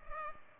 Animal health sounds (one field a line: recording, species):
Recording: mosquito wingbeat signal from an infrared sensor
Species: Culex pipiens